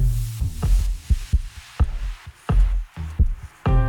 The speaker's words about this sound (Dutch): Dit is de hartslag van Roderick Velo. Journalist, politicoloog, telegraafcolumnist.